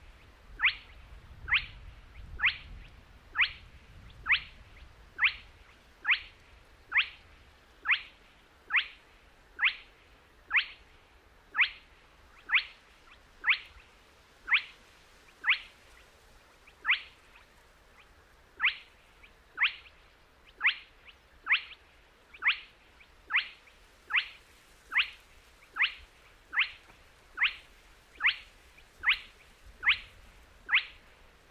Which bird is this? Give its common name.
Spotted Crake